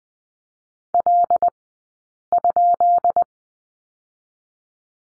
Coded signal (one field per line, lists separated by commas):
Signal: Morse code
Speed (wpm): 20 wpm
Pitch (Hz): 700 Hz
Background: none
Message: L?